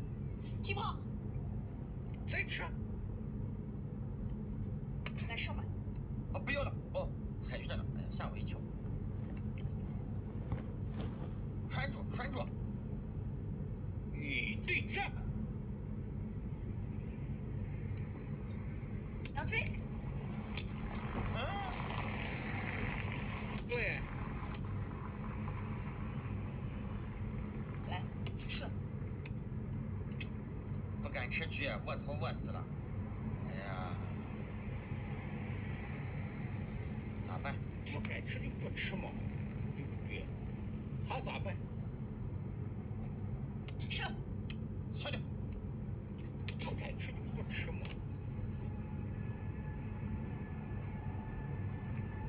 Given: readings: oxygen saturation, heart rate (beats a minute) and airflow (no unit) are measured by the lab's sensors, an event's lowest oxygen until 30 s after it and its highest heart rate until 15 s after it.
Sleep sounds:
a person awake in a sleep study, by a smartphone at the bedside; none
0.00-52.29 s: awake
From the record:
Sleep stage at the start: awake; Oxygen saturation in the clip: 95 to 96%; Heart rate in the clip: 76 to 80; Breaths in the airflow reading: 14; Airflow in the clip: -4.1 to 6.1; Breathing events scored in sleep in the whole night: 131 in 7.2 hours asleep

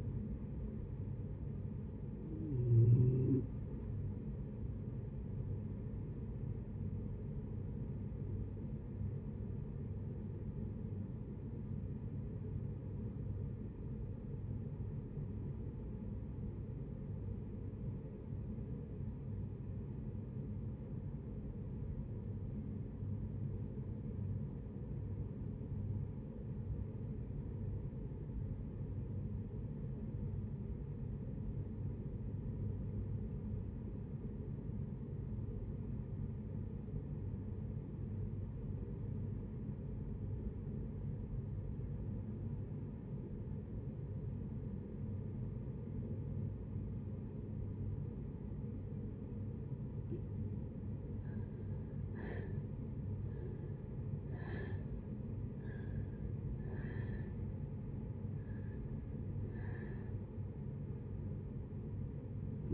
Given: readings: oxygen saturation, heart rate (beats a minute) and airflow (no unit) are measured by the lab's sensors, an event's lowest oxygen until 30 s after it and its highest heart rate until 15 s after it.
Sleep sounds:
breathing in sleep by a smartphone at the bedside; 1
8.00-50.40 s: obstructive apnea (REM, oxygen 93% highest, then 57% lowest, heart rate 66 at the start, 87 highest)
From the record:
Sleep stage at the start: REM sleep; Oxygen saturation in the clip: 58 to 93%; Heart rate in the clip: 51 to 87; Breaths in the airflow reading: 5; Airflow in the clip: -7.1 to 7.6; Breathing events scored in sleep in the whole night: 496 in 5.4 hours asleep

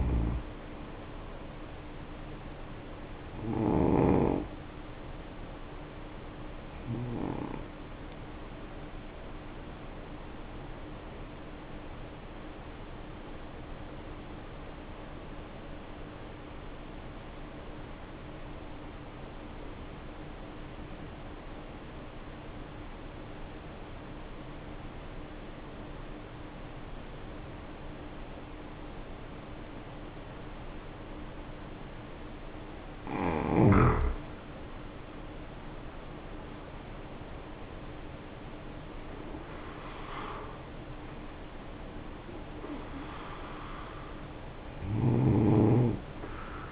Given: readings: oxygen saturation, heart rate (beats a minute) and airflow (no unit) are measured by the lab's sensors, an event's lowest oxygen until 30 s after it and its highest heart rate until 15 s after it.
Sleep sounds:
breathing in sleep by a voice recorder at the bedside; 1
14.00-34.20 s: obstructive apnea (N2, oxygen 95% highest, then 75% lowest, heart rate 55 at the start, 72 highest)
27.00-46.72 s: new sleep stage, N1 (lightest sleep)
From the record:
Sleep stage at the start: N2 (light sleep); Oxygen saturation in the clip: 76 to 95%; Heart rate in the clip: 52 to 72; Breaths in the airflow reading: 7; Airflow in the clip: -7.3 to 8.6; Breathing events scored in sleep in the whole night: 520 in 7.2 hours asleep

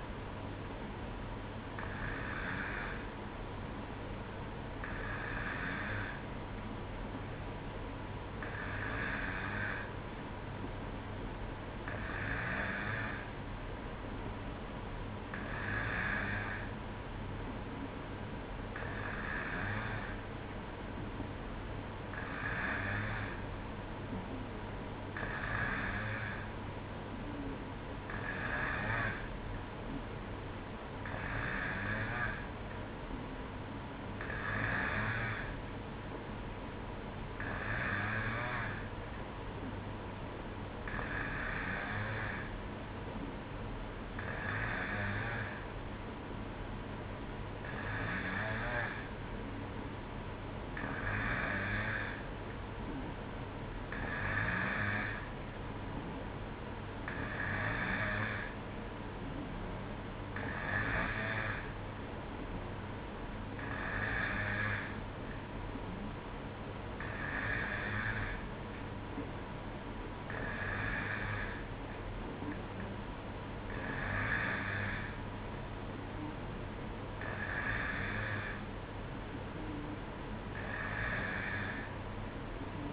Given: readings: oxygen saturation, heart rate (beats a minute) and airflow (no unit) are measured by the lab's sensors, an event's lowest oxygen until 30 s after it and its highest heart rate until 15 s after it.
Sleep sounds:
breathing in sleep by a voice recorder at the bedside; none
none scored
From the record:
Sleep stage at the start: N2 (light sleep); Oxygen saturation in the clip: 92 to 93%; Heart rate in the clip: 59 to 64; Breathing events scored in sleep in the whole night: 305 in 9.6 hours asleep

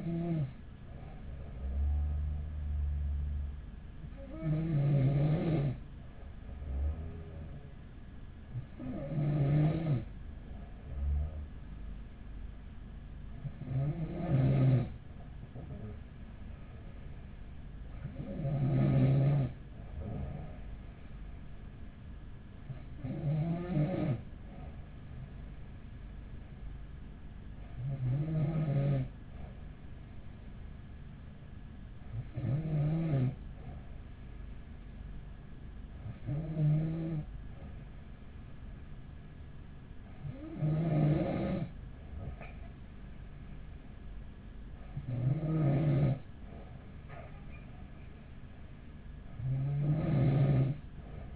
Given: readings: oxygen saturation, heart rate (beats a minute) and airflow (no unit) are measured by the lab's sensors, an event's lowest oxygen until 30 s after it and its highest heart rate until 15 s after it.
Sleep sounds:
breathing in sleep by a smartphone at the bedside; none
none scored
From the record:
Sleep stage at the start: N2 (light sleep); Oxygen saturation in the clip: 94%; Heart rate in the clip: 41 to 45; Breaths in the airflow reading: 11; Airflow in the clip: -5.4 to 4.6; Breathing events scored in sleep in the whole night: 207 in 7.6 hours asleep

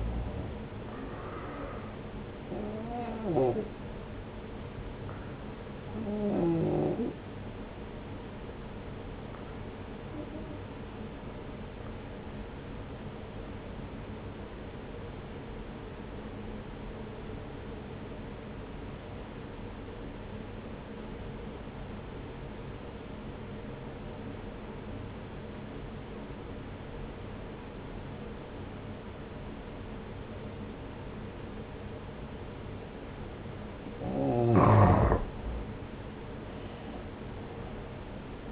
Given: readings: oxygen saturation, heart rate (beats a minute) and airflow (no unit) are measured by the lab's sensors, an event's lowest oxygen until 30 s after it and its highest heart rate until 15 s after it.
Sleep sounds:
breathing in sleep by a voice recorder at the bedside; 1
13.00-34.40 s: obstructive apnea (N1, oxygen 94% highest, then 89% lowest)
16.00-38.52 s: new sleep stage, N2 (light sleep)
From the record:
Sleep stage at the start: N1 (lightest sleep); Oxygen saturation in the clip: 85 to 94%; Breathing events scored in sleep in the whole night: 303 in 8.1 hours asleep

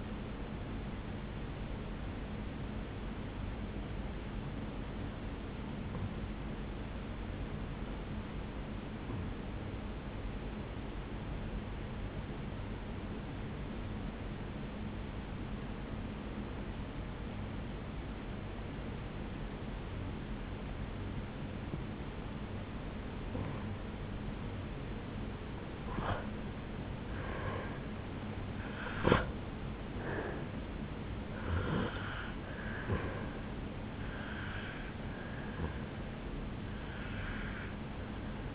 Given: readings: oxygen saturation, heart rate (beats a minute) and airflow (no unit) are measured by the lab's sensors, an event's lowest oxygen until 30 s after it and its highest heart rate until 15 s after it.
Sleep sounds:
breathing in sleep by a voice recorder at the bedside; 1
6.00-24.20 s: obstructive apnea (N1, oxygen 97% highest, then 88% lowest, heart rate 61 at the start, 75 highest)
34.00-38.55 s: new sleep stage, N2 (light sleep)
From the record:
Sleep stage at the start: N1 (lightest sleep); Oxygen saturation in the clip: 87 to 97%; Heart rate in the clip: 61 to 75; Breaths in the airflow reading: 5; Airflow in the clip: -9.9 to 4.6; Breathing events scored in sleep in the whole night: 449 in 7.0 hours asleep

